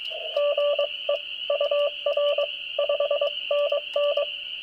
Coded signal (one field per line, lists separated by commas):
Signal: Morse code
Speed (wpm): 22 wpm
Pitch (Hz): 580 Hz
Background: radio noise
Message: GE UR 5NN